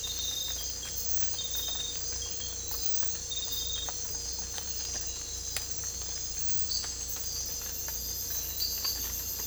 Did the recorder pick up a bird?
no